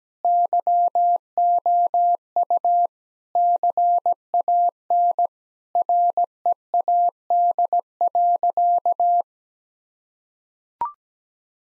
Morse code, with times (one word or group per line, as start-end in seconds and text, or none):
0.2-2.9 YOU
3.4-5.3 CAN
5.8-9.2 READ.